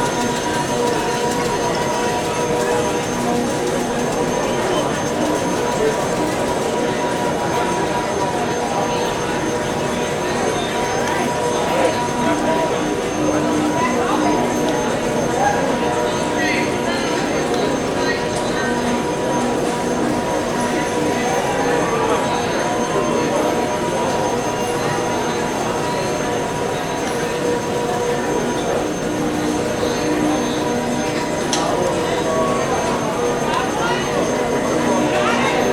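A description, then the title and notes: A busy casino on a weekend, a steady wash of overlapping voices with no pauses across the whole stretch. Faint tonal beeps and machine chimes sit above the chatter, and a low rumble runs underneath throughout. Busy Casino Weekend Ambience.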